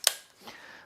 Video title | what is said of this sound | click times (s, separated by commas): YN 216 - The perfect small video light? | is their 550 model which just pops on and off locks in place boom there you go nothing to it | 0.1 s